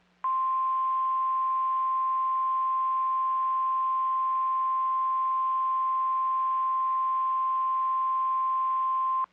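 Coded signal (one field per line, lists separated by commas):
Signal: Emergency Alert System (SAME) tones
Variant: 1050 Hz attention tone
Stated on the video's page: Severe thunderstorm warning tones received on NOAA Weather Radio for northern Virginia and West Virginia areas.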